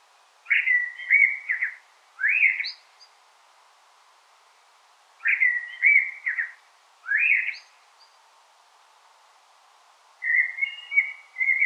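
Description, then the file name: Common blackbird song: five fluty warbled phrases, some ending in a brief high squeak, separated by short pauses. "Turdus merula"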